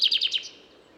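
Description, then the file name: Common chaffinch song fragment: several quick, bright descending notes repeated in a rapid run, then fading into quiet background hiss. "Fringilla coelebs"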